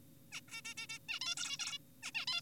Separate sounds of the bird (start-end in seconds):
0.32-0.41, 0.48-0.61, 0.65-0.74, 0.78-0.87, 0.90-0.99, 1.09-1.20, 1.22-1.35, 1.37-1.57, 1.59-1.78, 2.03-2.12, 2.15-2.25, 2.27-2.41